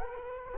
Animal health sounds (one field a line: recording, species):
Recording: mosquito wingbeat signal from an infrared sensor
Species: Culex quinquefasciatus